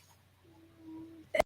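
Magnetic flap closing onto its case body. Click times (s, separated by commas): 1.4 s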